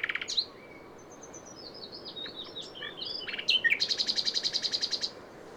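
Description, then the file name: Common nightingale song opening with a sharp note, soft warbling phrases, then a fast rattling trill of repeated clicks. "Luscinia megarhynchos"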